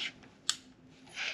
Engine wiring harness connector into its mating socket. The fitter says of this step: get it in place make it click